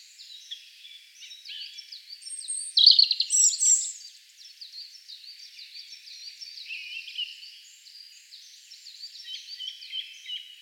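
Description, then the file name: European robin singing high, thin warbled phrases with quick trills and varied notes, one louder burst early on, then softer continuing phrases. "Erithacus rubecula"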